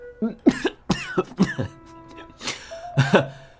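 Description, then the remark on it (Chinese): A person who has choked on tea coughs in a run of harsh, sputtering bursts, about six or seven uneven hacks with short gasping breaths between them, ending in a couple of rougher, throat-clearing coughs. “被茶水呛得直咳嗽，摆手。”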